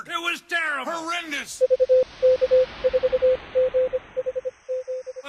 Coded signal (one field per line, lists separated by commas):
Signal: Morse code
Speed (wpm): 25 wpm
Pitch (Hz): 510 Hz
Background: speech, radio noise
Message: VK4GHZ